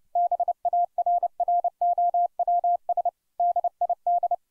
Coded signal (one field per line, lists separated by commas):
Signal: Morse code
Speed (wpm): 29 wpm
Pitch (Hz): 700 Hz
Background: none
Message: BARROWS DID